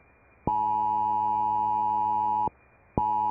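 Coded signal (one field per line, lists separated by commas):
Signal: Emergency Alert System (SAME) tones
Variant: 853 and 960 Hz attention tone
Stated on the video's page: Fictional scenario using valid tones, made for entertainment.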